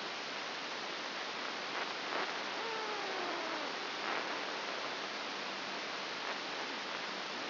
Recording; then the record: brain microelectrode recording played as sound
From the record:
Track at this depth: outside the subthalamic nucleus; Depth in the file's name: 6.501 mm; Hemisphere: left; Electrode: 2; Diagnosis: Parkinson's disease